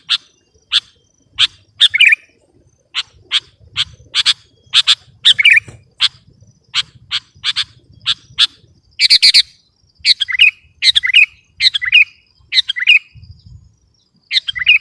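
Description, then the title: Sooty-headed bulbul song: a long run of sharp repeated notes leading into bubbly warbled phrases roughly every second, with soft low rumbling behind. "kutilang"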